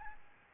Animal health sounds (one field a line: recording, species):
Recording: mosquito wingbeat signal from an infrared sensor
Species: Aedes albopictus